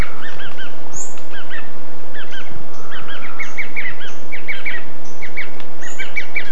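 Bird chirps, short high twittering notes repeated in small bursts throughout, over steady background noise.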